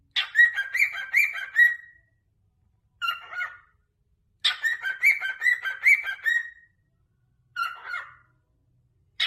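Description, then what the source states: Cockatiel song of warbled whistled phrases alternating with shorter chattering bursts, separated by clean pauses of about a second. Several cockatiels singing and whistling.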